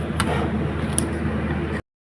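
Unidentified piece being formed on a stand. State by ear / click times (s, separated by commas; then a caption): not seated / none. A handmade round piece is shaped by hand on a stand and worked toward locking in place. A steady low background hiss runs throughout, with two brief sharp ticks at about 0.2 s and 1.0 s, and the sound cuts to silence at about 1.8 s. The piece is still being handled, and nothing has locked or seated yet.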